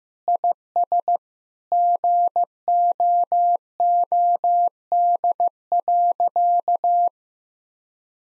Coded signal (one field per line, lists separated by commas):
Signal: Morse code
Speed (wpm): 15 wpm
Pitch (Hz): 700 Hz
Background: none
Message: IS GOOD.